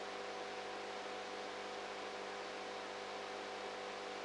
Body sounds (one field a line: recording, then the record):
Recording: brain microelectrode recording played as sound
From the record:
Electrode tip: outside the subthalamic nucleus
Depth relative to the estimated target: 1 mm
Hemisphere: right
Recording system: NeuroSet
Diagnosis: Parkinson's disease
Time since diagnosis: 19 years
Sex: female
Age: 58 years